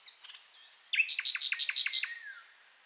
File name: Luscinia megarhynchos